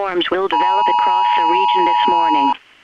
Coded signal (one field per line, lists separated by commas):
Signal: Emergency Alert System (SAME) tones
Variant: 853 and 960 Hz attention tone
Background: speech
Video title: EAS Scenario: Terrible Tuesday